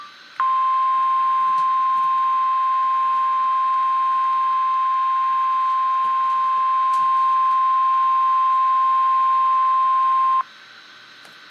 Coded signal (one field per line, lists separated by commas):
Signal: Emergency Alert System (SAME) tones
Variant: 1050 Hz attention tone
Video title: REAL EAS 423-Severe thunderstorm warning